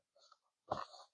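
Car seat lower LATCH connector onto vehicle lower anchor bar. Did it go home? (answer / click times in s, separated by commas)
yes / 0.7 s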